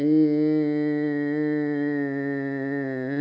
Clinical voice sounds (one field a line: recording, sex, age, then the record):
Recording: sustained vowel /i/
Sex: female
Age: 70 to 79 years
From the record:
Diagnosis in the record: amyotrophic lateral sclerosis, bulbar onset 11 months earlier, bulbar signs present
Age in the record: 70 years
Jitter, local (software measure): 0.28%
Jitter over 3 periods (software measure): 0.09%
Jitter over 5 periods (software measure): 0.17%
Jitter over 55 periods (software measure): 1.09%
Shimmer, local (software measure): 2.3%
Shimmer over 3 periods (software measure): 0.7%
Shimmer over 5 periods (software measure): 1.2%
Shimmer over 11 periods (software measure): 2.9%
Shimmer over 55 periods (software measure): 7.4%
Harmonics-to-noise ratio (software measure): 14.5 dB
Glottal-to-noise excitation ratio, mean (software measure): 0.92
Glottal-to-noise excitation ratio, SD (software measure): 0.030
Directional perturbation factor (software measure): 44.7%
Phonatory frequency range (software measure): 0.29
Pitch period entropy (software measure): 1.11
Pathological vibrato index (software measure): 0.53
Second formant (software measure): 1860 Hz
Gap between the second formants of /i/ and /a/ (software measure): 359 Hz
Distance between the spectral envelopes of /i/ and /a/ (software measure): 5.4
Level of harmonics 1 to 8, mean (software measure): -20.9, -9.3, -15.5, -26.0, -31.6, -40.1, -44.9, -48.3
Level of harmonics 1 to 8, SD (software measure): 1.7, 3.5, 2.3, 2.0, 3.6, 4.3, 2.7, 2.5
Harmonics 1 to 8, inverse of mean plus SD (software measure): 0.044, 0.079, 0.056, 0.036, 0.028, 0.022, 0.021, 0.020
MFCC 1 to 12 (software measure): 3.0, -2.0, 1.9, -20.3, -16.6, 7.4, -17.7, -1.3, 0.1, -6.6, 4.6, -3.3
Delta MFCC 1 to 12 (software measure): 0.012, -0.020, 0.023, 0.022, -0.011, 0.013, -0.019, -0.022, 0.020, 0.036, -0.035, 0.008